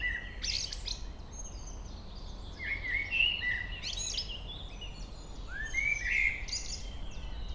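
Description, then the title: Common blackbird song: high scratchy twitters, then mellow fluted phrases, twice, over a soft constant low rumble. Local blackbird singing along Chemin des cris, Chindrieux, France. "Chemin des cris, Chindrieux, France - Merle"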